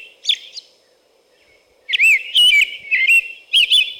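American robin: two soft notes, a quiet stretch, then a loud run of several warbling whistled phrases.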